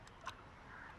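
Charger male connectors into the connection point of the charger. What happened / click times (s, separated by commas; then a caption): The charger connectors clicked into place / 0.3 s. The two male connectors of a charger are pushed fully into their connection point, and a short, sharp click is heard at 0.3 s, preceded by a fainter tick at 0.1 s, over a steady low background hiss. The connectors click home and are seated and secured in place.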